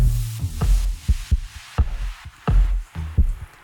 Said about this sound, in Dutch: Dit is de hartslag